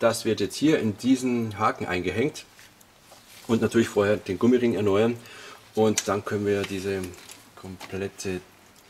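During an overhaul of a Mercedes 722.3 automatic transmission (as used in the W124, W126 and R129), a parking lock / interlock component fitted with a renewed rubber O-ring is handled and about to be pushed back into its seat in the metal transmission housing. Someone talks throughout, with a pause around 2.3–3.5 s where a faint, brief tap is heard at about 2.8 s. Nothing has seated or clicked into place yet.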